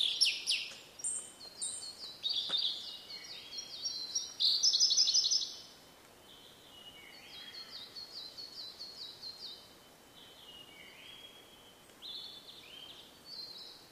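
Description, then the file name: Blue-and-white flycatcher song: loud high whistles and a quick rattling trill in the first half, then quieter whistled phrases. "oruri"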